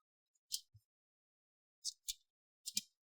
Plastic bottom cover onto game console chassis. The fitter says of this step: then push the back down. Make sure you hear those nice big click sounds.